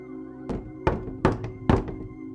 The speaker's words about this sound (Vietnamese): Lẫn trong tiếng gió ù ù ở ngoài sân, tiếng gõ cửa vang lên.